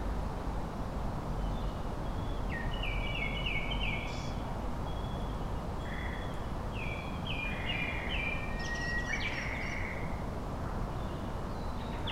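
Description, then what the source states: Tit calls: short, high notes in quick repeated bursts, with scattered chirps, over a steady roar of low background noise. Recorded on 3 May 2025 at Kotori no Mori.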